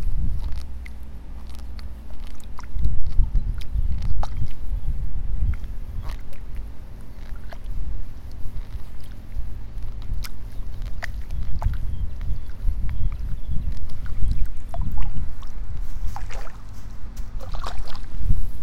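Rice seedlings are being pulled one by one in a flooded nursery bed. A steady low churn of water and mud runs throughout, broken by frequent short splashes, snaps and tearing sounds scattered irregularly across the clip, with louder bursts around three, twelve and seventeen seconds.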